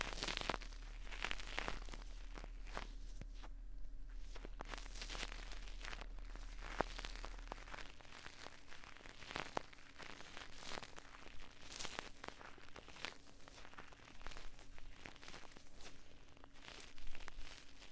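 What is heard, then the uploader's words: Ear-trigger sounds made with Q-tips, brushes and plastic: sharp crackly taps and scratches arrive every fraction of a second, irregular but unbroken throughout. A steady low hum sits underneath, heavier for the first eight seconds, then thinning to a faint drone. Deep & Intense Ear Triggers Q-tips, felt ghosts, brushes & plastic coasters.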